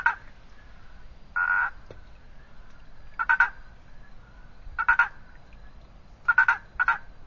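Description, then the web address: Boana prasina treefrog giving several pulsed croaking calls, some single and some doubled, at irregular intervals. "sounds Boana prasina"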